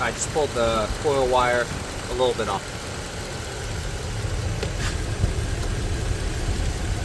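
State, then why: Seated. A partly pulled-off ignition coil wire is pushed back onto the ignition coil while an engine runs. Someone talks over the steady engine noise, then a single sharp snap at 4.6 seconds marks the wire seating back in place.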